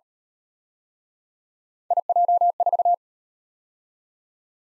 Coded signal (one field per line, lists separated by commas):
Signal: Morse code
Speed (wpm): 32 wpm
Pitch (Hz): 700 Hz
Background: none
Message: IJ4